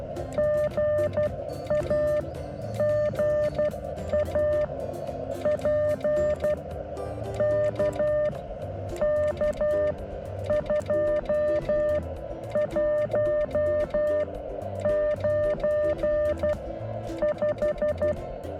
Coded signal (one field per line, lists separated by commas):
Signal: Morse code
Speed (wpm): 12 wpm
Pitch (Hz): 600 Hz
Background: music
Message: GA GA P K K2 19 5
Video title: How to do a POTA Activation - Parks On The Air